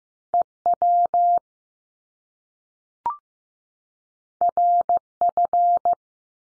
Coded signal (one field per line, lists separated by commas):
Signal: Morse code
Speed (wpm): 15 wpm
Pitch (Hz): 700 Hz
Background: none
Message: E WR F